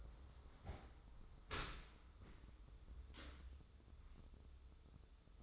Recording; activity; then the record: daily activity, microphone in the room; open dishwasher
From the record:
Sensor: 3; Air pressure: 995.7 hPa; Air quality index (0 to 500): 97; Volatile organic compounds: 14 ppm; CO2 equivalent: 2446 ppm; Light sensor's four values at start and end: 29/86/36/31 and 29/86/36/31